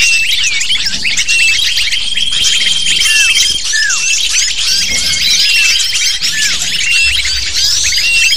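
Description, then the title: Lovebirds calling together, busy high-pitched squeaky chirps and downward-curving notes overlapping constantly, with faint steady whistled tones behind. Lure call used to attract lovebirds. "PIKAT BURUNG LOVEBIRD"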